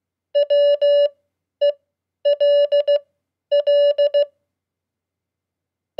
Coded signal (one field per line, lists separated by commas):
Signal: Morse code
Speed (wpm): 16 wpm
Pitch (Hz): 580 Hz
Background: none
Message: WELL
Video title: 100 Common QSO words @15wpm -- Beginning Morse Code